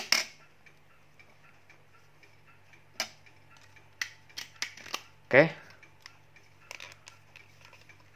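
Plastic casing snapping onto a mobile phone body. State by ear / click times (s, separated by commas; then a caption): not seated / none. Someone talks while pressing the plastic casing parts of an old Nokia 5110 mobile phone back together, its screws having been lost. Short plastic taps and clacks sound at about 0.1, 3.0, 4.0, 4.6 and 5.4 seconds, with softer ticks near 6.1 to 7.4 seconds. The casing does not click into place the way it used to, but it is accepted as closed.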